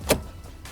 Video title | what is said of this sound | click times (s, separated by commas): 2022 Audi SQ5 - Second Row Seats | and make sure you hear the click | 0.1 s